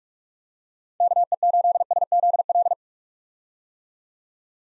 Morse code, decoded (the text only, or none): KE8SZL